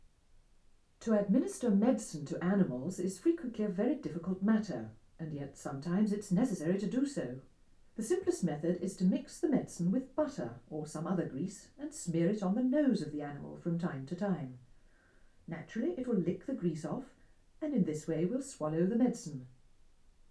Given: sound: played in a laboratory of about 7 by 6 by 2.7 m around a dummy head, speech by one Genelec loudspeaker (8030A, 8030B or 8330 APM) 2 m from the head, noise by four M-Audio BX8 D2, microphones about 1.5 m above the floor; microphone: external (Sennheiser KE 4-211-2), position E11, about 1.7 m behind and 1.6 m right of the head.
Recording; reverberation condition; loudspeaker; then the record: female speech in English; low; 90 degrees to the right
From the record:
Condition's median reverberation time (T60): about 310 ms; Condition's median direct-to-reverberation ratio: about 3.5 dB